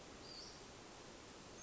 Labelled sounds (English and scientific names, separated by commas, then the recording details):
Western Flycatcher (Empidonax difficilis)
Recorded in Sonoma County, California